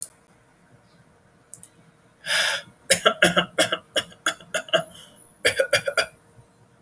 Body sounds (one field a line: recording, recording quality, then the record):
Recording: heavy voluntary cough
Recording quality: excellent, no background noise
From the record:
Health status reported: exposed to COVID-19, no respiratory illness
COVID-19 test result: negative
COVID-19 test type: rapid antigen test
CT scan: not taken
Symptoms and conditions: cough, breathing difficulty, diarrhoea, another respiratory illness, another condition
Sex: male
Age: 27 years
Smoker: no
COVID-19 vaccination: none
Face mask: worn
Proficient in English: yes